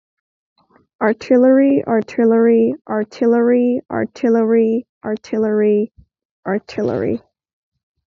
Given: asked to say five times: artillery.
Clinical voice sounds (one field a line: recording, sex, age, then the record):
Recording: repeated word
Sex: female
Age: 20 to 29 years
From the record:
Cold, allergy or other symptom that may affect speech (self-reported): no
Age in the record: 22 years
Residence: Pennsylvania, United States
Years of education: 16